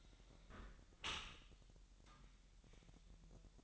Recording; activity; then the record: daily activity, microphone in the room; close dishwasher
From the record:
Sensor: 3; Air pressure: 1000.5 hPa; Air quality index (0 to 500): 247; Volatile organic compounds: 170 ppm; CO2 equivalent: 4105 ppm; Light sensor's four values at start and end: 10/25/10/10 and 10/25/10/10